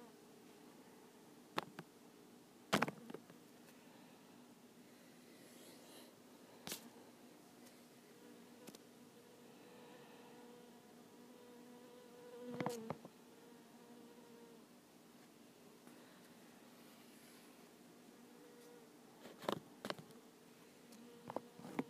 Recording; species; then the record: mosquito flight sound by mobile phone; Culiseta incidens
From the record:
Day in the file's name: 2